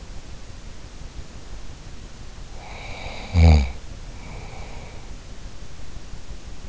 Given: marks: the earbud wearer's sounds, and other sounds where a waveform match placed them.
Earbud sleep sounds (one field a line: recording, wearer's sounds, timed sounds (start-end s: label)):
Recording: sounds in sleep by an in-ear microphone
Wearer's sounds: snoring breath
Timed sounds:
2.53-5.10 s: snoring breath